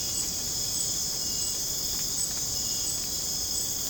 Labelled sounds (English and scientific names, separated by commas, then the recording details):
none
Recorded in dense forest near Puerto Asís, Putumayo, Colombia, on 30 June 2025 at 02:00
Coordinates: 0.486, -76.317
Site G065